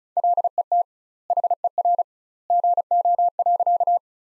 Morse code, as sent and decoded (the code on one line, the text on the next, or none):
.-.. . - / .... . .-. / --. --- .-.-.-
LET HER GO.